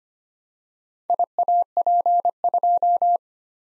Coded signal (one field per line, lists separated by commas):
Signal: Morse code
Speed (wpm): 25 wpm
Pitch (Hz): 700 Hz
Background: none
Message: IAP2